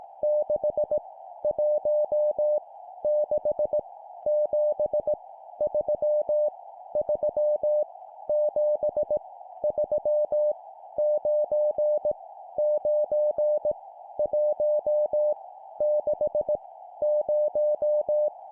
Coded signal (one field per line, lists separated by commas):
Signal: Morse code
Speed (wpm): 18 wpm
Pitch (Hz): 600 Hz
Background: none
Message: 6 1 6 7 3 3 7 3 9 9 1 6 0